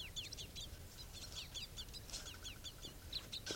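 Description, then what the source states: Crossbill calls: a dense chorus of sharp, high, downslurred chips from several birds, overlapping rapidly throughout, with low background rumble. Wild flock of about 10 crossbills, a few bright red males, the rest brown females and juveniles, some begging, coming closer and down.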